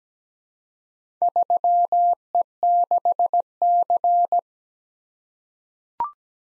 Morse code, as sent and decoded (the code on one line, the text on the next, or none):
...-- . -.... -.-.
3E6C